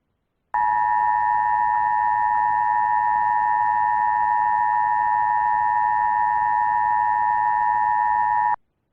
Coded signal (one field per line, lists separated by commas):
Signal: Emergency Alert System (SAME) tones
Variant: 853 and 960 Hz attention tone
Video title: An EAS Scenario - Arachnothuella